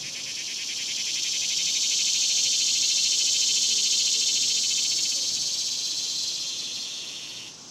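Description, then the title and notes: Cicadas buzzing in a loud continuous high-pitched drone with a fine rapid pulse, swelling in and then fading near the end. Daytime, outdoors in a cemetery, summer. "Ext, Daytime Cicadas, Cemetery, Summer"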